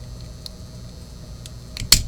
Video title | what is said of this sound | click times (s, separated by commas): How to install the Knape & Vogt 237ZC Zinc Shelf Support into the Knape 233ZC Pilaster - ep. #39 | ledge, snaps in place. | 1.9 s